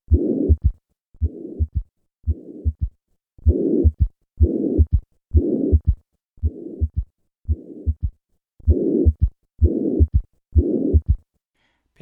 Ebstein Anomaly. Murmur of tricuspid regurgitation, this time accompanied by a third heart sound.